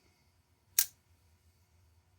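A crossbar-lock folding knife blade is closed and the spring tension pulls it back into the handle, snapping shut at 0.8 s. The single sharp, bright snap rises out of a quiet low hum and decays within about a tenth of a second. The pull is stronger than the usual medium-tension pop into place.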